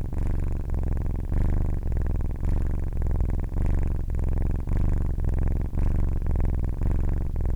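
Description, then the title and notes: Domestic cat: kitten purring, a rich low rumble in rhythmic in-and-out cycles with brief dips between them. Male kitten purring at night, recorded with a Zoom H4n recorder; purr described as rich and bassy. "Leo was purring"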